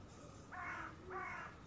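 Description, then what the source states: Bird calls: two harsh, grating caws about half a second apart, over background noise. Recorded in the early morning by the sea.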